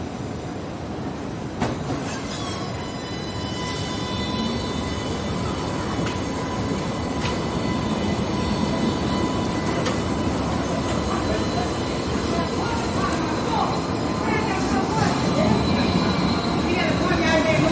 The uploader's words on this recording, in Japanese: SYDNEY TRAMに乗る。2020年にできたばかりのシドニー市内のメインストリートを走る路面電車、トラムに乗ります。